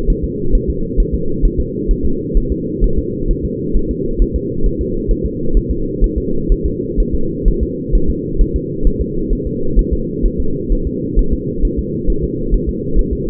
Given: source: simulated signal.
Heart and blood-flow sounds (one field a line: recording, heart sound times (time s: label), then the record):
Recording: fetal heart sounds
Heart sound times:
0.10 s: S1
0.24 s: S2
0.55 s: S1
0.70 s: S2
1.00 s: S1
1.14 s: S2
1.45 s: S1
1.60 s: S2
1.91 s: S1
2.05 s: S2
2.37 s: S1
2.52 s: S2
2.84 s: S1
2.98 s: S2
3.31 s: S1
3.45 s: S2
3.77 s: S1
3.91 s: S2
4.22 s: S1
4.36 s: S2
4.66 s: S1
4.81 s: S2
5.11 s: S1
5.26 s: S2
5.57 s: S1
5.71 s: S2
6.04 s: S1
6.18 s: S2
6.52 s: S1
6.66 s: S2
7.00 s: S1
7.15 s: S2
7.48 s: S1
7.63 s: S2
7.95 s: S1
8.10 s: S2
8.41 s: S1
8.56 s: S2
8.87 s: S1
9.01 s: S2
9.33 s: S1
9.47 s: S2
9.79 s: S1
9.93 s: S2
10.26 s: S1
10.40 s: S2
10.72 s: S1
10.87 s: S2
11.19 s: S1
11.33 s: S2
11.65 s: S1
11.79 s: S2
12.10 s: S1
12.24 s: S2
12.54 s: S1
12.69 s: S2
12.99 s: S1
13.13 s: S2
From the record:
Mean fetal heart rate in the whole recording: 130 bpm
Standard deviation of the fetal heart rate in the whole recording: 4 bpm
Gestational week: 38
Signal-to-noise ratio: -8.1 dB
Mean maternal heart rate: 72 bpm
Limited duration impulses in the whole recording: absent